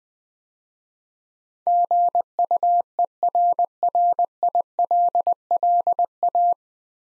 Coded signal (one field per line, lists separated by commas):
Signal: Morse code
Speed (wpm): 20 wpm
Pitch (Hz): 700 Hz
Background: none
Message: GUERRILLA